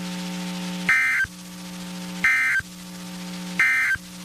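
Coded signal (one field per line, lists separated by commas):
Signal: Emergency Alert System (SAME) tones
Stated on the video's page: NOAA Weather Radio EAS alerts from Mineral Wells and Waco, Texas, during a severe thunderstorm outbreak.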